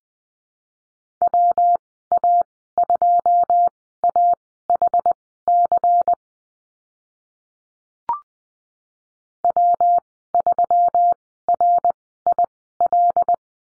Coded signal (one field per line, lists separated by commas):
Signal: Morse code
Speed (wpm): 20 wpm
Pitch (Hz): 700 Hz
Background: none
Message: WA2AHC W3RIL